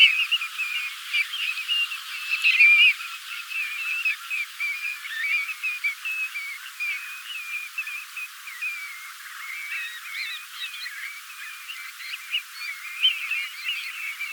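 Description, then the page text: European golden plover calls, a busy chorus of short, clear whistled notes, many birds calling over one another without pause, with a louder burst early on. "Volker Arnold - Золотистая ржанка (Pluvialis apricaria)"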